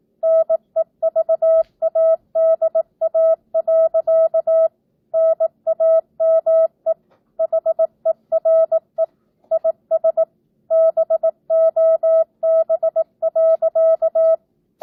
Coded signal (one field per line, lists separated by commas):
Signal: Morse code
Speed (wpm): 18 wpm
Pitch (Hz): 650 Hz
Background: none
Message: NEVADA. NAME HERE IS BOB.